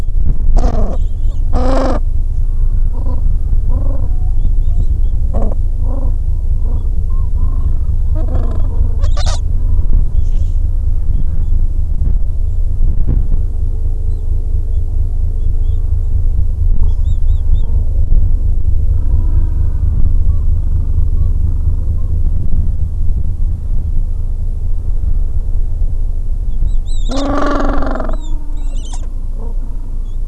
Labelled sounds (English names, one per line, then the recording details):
Gentoo Penguin
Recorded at the colony at Godthul, on 25 December 2014
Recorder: Song Meter SM2+